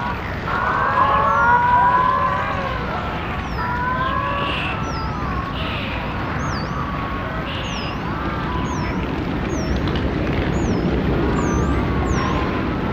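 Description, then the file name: Dolphin whistles, a run of repeated sharp high dipping whistles following lower sliding tones, over a constant rushing background noise. "Zvuki zhivoj prirody - Delfiny"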